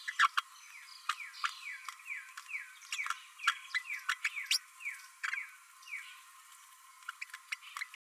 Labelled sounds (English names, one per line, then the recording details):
Green-rumped Parrotlet babbling
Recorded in a nest box in Venezuela
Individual 18B12A1